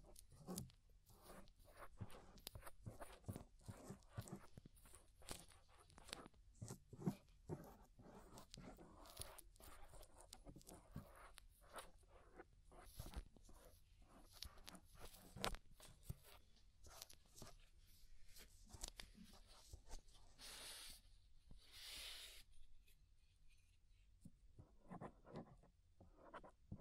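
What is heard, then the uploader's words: Ear scraping makes dense, irregular scratchy clicks and rasps throughout, with brief breathy hisses near 21 and 22 seconds and quieter stretches afterward. Inner and Outer Ear Scraping (No Talking).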